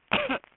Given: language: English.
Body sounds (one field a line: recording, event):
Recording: throat vibration sensor signal played as sound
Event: cough